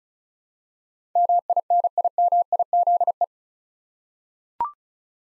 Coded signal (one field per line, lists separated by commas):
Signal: Morse code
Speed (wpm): 36 wpm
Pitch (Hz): 700 Hz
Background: none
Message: MINIMIZE